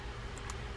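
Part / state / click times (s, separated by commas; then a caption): internal reel part seating into the ridges of the reel's side case / seated / 0.5 s. A small internal part of a Daiwa Lexa WM 300 baitcasting fishing reel is pushed in and up with a screwdriver until it seats in the ridges of the reel's side case. A single faint click is heard at 0.5 s, and the part is nested in place.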